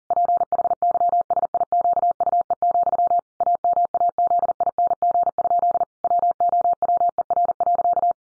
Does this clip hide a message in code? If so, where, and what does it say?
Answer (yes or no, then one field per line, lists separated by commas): yes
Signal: Morse code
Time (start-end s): 0.1-8.1 s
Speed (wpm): 37 wpm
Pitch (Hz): 700 Hz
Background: none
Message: PHYSIQUE, AMAZING? WOWER.